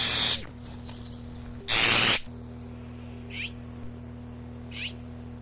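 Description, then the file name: Azure tit giving two thin, high, downward-sliding call notes, after two loud noise bursts. Recorded 12 June 1992. "Ccyanus 12 06 92"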